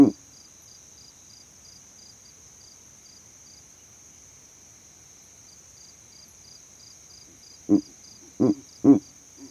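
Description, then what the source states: Verreaux's eagle owl with one low grunt at the start, a long pause, then three deep hoots near the end, a constant high insect drone throughout. Male advertising his territory from a tree in savanna; captured by an overnight sound recording rig set up in that same tree.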